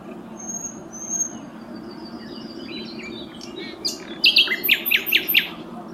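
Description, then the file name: Common nightingale song: faint thin whistles, then a loud phrase of rapid repeated buzzy chirps, with steady background hiss. "Luscinia megarhynchos"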